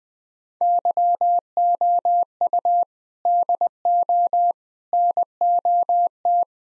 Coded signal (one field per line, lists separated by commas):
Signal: Morse code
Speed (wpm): 20 wpm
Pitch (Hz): 700 Hz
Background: none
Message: YOU DO NOT